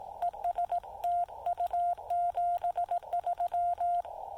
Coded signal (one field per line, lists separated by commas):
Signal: Morse code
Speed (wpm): 18 wpm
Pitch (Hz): 690 Hz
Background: radio noise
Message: ES TU 73